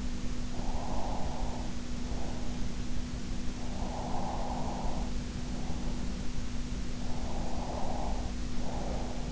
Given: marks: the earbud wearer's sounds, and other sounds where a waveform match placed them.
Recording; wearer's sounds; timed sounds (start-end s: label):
sounds in sleep by an in-ear microphone; breath
0.52-2.72 s: breath
3.54-5.98 s: breath
7.03-9.32 s: breath